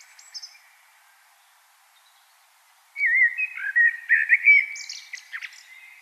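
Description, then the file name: Common blackbird song: a brief high note, a quiet gap, then a run of warbled fluty phrases mixed with high squeaky twitters. "Turdus merula"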